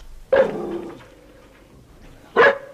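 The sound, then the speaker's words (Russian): A dog barks twice, a sharp loud bark followed by a lingering tonal tail, then after a pause a second short, punchy bark. “Очень хорошая собака.”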